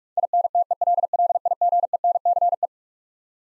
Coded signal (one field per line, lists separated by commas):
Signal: Morse code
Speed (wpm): 46 wpm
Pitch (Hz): 700 Hz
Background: none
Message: INTELLIGENCE